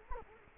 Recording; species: mosquito wingbeat signal from an infrared sensor; Culex quinquefasciatus